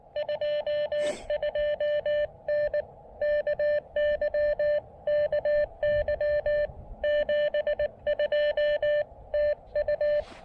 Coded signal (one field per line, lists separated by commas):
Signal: Morse code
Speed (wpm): 20 wpm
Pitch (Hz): 590 Hz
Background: none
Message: 22N KY KY 72 TU